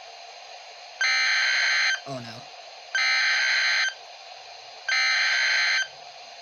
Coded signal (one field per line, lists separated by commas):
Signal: Emergency Alert System (SAME) tones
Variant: header bursts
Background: speech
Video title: EAS Scenario - Thanos Snap Remastered